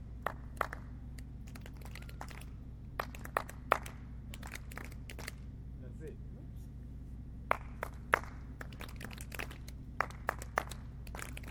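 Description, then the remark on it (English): Sharp hand claps come in quick rhythmic bursts as a rhythm exercise in a music lesson, pausing briefly between groups, over a steady low hum, with a short spoken remark partway through. “You see now, as you are clapping, you don't get tired.”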